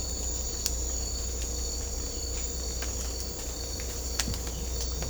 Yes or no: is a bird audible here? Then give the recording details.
no. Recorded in secondary vegetation near Puerto Asís, Putumayo, Colombia, on 16 December 2024 at 18:00. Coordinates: 0.500, -76.326. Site G065